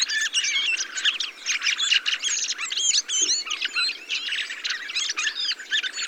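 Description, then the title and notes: A flock of thrushes twittering and whistling together, clustered bursts of high squeaky notes following one another closely. Large mixed flock of mistle thrushes, song thrushes, redwings and fieldfares with some blackbirds feeding on abundant berries, watching together for sparrowhawk and goshawk; blue sky; Montagne du Puy, Drôme, France; 22 November 2020; Nagra recorder with Telinga parabola. "POT-POURRI DE GRIVES. 22 novembre 2020-Montagne du Puy - Drôme. Grives draine, musicienne, mauvis et litorne plus quelques merles"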